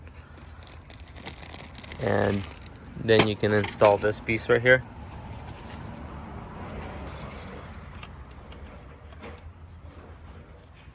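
A plastic retaining piece is handled at a new steering angle sensor on the steering column of a 2007–2013 Chevrolet Silverado, after the spring pin has been removed from the sensor. Light handling ticks come through near 0.7–1.8 s, someone talks from about 2 to 5 s, and quieter handling follows. Nothing has seated or clicked yet.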